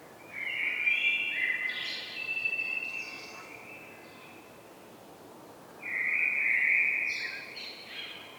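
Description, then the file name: Common blackbird giving two warbling phrases, each low and flutey before a high squeaky tail, separated by a couple of seconds of hiss. "Turdus merula"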